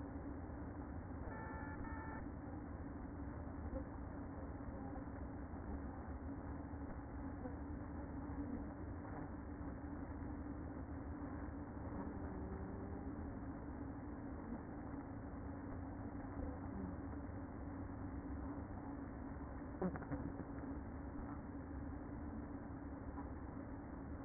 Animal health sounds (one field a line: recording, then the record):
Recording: honeybee colony, microphone inside the hive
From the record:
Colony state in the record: queen present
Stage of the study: after two queens were removed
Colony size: about 60,000 bees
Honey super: yes